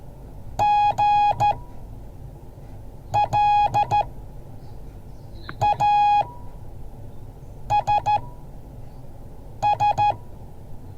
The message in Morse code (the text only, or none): GLASS